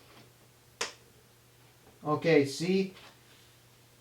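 A plastic headlight wiring connector on the lamp housing of an Audi B7 RS4 is wedged to unlatch it and gives one loud, sharp click at 0.8 s. Someone then talks. The connector's release clip is broken halfway and its hook tab still holds, so the connector clicks but does not release or come out.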